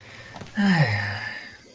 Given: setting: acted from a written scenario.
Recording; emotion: vocal sound without words; relief